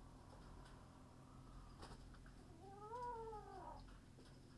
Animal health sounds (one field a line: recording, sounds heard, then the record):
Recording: poultry house recording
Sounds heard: healthy chickens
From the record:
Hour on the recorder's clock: 19